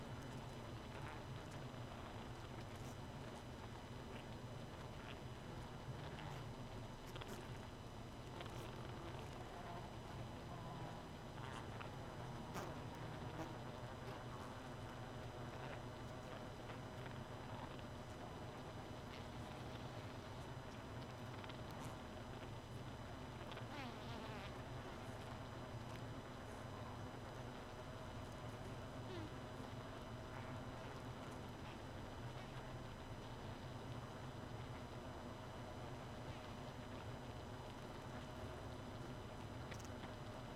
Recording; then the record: honeybee colony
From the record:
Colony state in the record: missing queen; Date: 31 May 2018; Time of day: 2:20